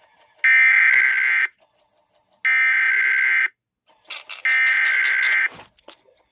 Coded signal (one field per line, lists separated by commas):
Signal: Emergency Alert System (SAME) tones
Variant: header bursts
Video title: NEW TV SETUP/CA TSUNAMI DRILL 2023! EAS Tests from March 2023